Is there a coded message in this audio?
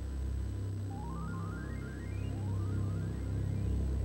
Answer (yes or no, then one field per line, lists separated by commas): no